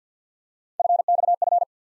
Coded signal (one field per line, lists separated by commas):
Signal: Morse code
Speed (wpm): 47 wpm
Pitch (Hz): 700 Hz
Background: none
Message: FXF